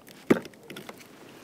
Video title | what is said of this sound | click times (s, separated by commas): Generator Extended Run Fuel Pump You Need! | And then just make sure that snaps on in place all the way. | 0.3 s